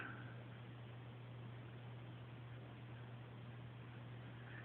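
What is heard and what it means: A steel CVD driveshaft for a Traxxas Slash Ford F-150 Raptor SVT RC truck is lined up, its pin held against the groove in the hub carrier just before being pushed home. Only a steady hiss and a low hum are heard, with no distinct impacts. Nothing has seated or clicked yet.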